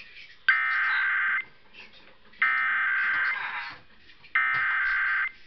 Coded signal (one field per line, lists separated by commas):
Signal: Emergency Alert System (SAME) tones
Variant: header bursts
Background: speech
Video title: Required Monthly Test On AM/FM [EAS #354]